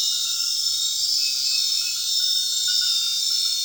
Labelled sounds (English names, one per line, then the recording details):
none
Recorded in secondary vegetation near Puerto Asís, Putumayo, Colombia, on 25 June 2025 at 20:30
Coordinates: 0.485, -76.322
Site GP06